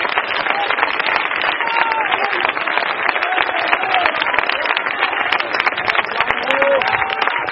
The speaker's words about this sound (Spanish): Dele ese aplauso al que vive. Corre. Déselo fuerte al Señor.